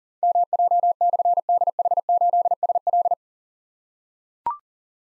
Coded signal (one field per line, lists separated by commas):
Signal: Morse code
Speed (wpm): 41 wpm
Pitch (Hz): 700 Hz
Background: none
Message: MJ/DH8SL